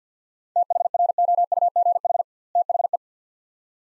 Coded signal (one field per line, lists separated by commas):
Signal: Morse code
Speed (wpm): 50 wpm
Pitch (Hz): 700 Hz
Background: none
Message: THROUGH THE